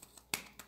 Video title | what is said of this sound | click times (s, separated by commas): Full Senegence Face | And what's cool about these is it has a lid that comes up and locks into place. | 0.3 s